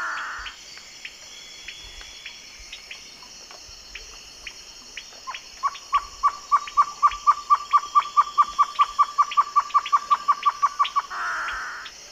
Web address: Natures Songs S America Eastern Lowlands. Taraba major, song